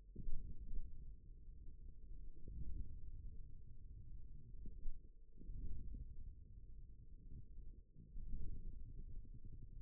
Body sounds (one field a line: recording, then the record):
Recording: forearm muscle sounds (acoustic myography)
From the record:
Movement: forearm supination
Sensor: system 1, eight BSWA MPA416 microphones around the upper forearm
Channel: 4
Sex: male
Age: 41 years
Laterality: right